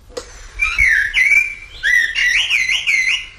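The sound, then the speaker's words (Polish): Common blackbird song played from a listening tube on an educational path in Kraków: rich, fluting whistled phrases, with a couple of short warbles followed by a longer run of looping, rising-and-falling notes. It is clear and fairly loud, with no talking. “Posłuchamy kosa.”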